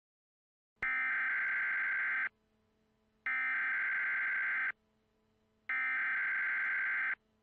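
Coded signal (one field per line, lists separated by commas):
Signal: Emergency Alert System (SAME) tones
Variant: header bursts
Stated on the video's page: Fictional EAS scenario about a future hurricane, simulated alert.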